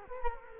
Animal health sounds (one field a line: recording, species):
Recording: mosquito wingbeat signal from an infrared sensor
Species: Culex quinquefasciatus